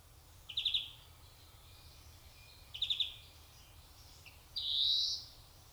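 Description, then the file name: European greenfinch giving two short, rapid stuttering twitters, then one drawn-out nasal buzzy wheeze, high-pitched, with a quiet low background hum. "Chloris chloris"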